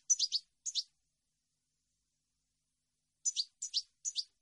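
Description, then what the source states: European goldfinch giving high, sharp doubled chirps, two at the start and three in quick succession near the end, on a silent background. Clean goldfinch song meant for birds to copy, for song training.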